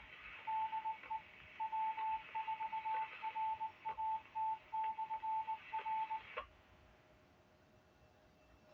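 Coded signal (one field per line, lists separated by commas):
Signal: Morse code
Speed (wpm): 19 wpm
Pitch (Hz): 880 Hz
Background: radio noise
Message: DE W4RAT/R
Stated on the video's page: Ragchew net.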